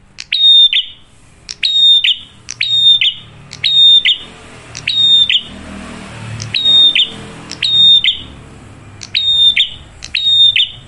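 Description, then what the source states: Bar-winged prinia delivering a long run of loud repeated phrases, each a sharp click followed by a piercing steady whistle and brief downward slur, with low rumbling noise beneath. Loud, clear singing used as a lure to make other birds sing.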